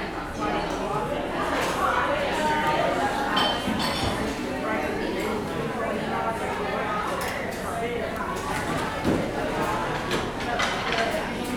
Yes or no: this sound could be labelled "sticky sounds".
no